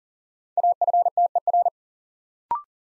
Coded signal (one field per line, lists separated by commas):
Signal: Morse code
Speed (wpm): 40 wpm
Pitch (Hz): 700 Hz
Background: none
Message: AFTER